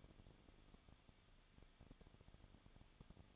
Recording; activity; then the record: daily activity, microphone in the room; no activity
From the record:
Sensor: 4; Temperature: 23.0 degrees Celsius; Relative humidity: 34.7%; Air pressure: 1007.2 hPa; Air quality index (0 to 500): 215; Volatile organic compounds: 15 ppm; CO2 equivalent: 2499 ppm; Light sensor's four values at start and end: 2/3/1/1 and 2/3/1/1